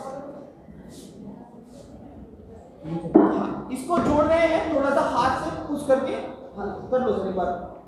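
A cable connector plug for a second voting machine unit is held from behind and lined up colour to colour with its socket, ready to be pushed home by hand. Someone talks throughout over low background noise. Nothing has seated or clicked yet in this clip.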